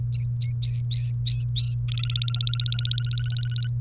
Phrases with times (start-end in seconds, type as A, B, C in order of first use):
0.14-1.75 A, 1.88-3.67 B